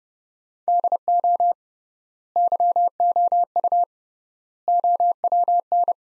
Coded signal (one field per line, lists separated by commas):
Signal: Morse code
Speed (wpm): 30 wpm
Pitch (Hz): 700 Hz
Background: none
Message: DO YOU OWN